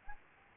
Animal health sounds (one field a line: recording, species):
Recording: mosquito wingbeat signal from an infrared sensor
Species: Aedes albopictus